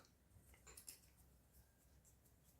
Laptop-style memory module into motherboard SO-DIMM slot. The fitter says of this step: until you hear the click click.